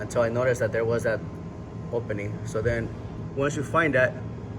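A plastic cover piece is handled at the trunk latch assembly of a BMW E39 (M5, 540i, 530i, 525i) after an opening in it has been found, while a man talks throughout. Nothing has seated or clicked yet; the piece is not yet home.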